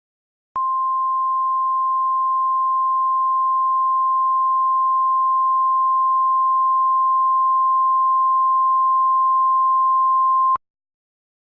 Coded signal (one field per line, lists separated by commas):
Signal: Emergency Alert System (SAME) tones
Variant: 1050 Hz attention tone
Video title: EAS Flash Flood Warning Santa Clara,CA